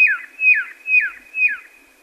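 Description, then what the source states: Red-lored Whistler giving four high, thin notes, each dropping sharply in pitch, spaced about half a second apart. Recorded in a nature reserve in New South Wales, Australia, on Yungpa Country; high-pitched 'ear, ear' call.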